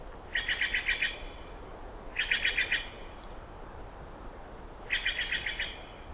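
Steller's jay delivering three short runs of fast, harsh repeated notes, each run under a second long, against quiet low background noise.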